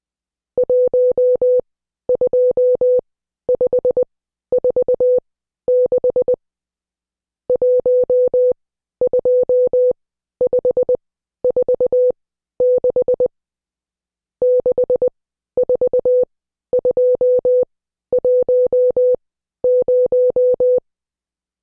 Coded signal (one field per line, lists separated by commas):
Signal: Morse code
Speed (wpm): 20 wpm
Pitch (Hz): 500 Hz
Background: none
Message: 12546 12546 64210